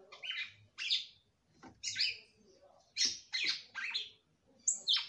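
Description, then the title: Red-cowled cardinal song: short bursts of crisp whistled and chirpy notes with short silences between. "Galo De Campina"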